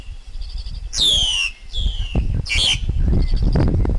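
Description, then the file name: Black-collared Starling phrases: two strong downward-sliding whistles followed by a harsh, scratchy burst, over steady low rumbling noise and faint chirps. Wild forest bird's song, used for teaching young birds to sing. "Tieng chim ca cuong rung tap chim con hot"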